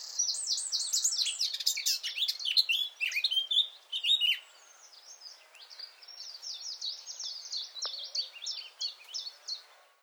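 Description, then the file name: Eurasian blackcap singing a dense, rapid twittering warble, loud at first, then a softer stretch of quick chattering notes. "Sylvia atricapilla"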